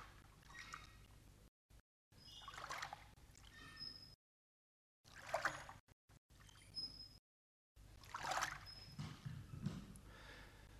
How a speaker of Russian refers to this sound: Я опустил весла на борт лодки. Вода лениво капала с лопастей. Лодка мерно покачивалась.